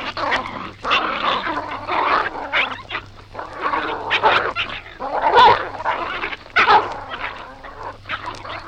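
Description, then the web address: Dogs fighting with harsh, rasping snarls and growls in overlapping irregular bursts, almost without pause. Dog fight between dogs of unknown breed. "Sound Effects-BBC Dog"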